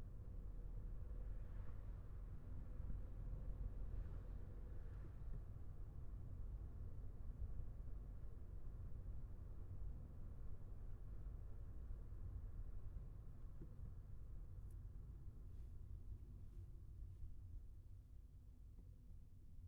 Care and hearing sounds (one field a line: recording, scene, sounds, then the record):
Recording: everyday scene through a hearing-aid microphone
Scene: in a vehicle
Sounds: engine, traffic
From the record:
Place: Skoda Fabia, gasoline engine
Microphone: behind the ear, left, front